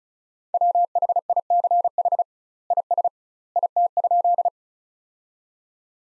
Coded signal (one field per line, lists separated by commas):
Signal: Morse code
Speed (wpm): 36 wpm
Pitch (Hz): 700 Hz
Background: none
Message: WHICH IS IT?